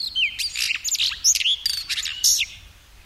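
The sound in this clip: Blue rock thrush delivering quick bright whistles and sharp chirps in a dense burst, fading out near the end, with soft low noise beneath.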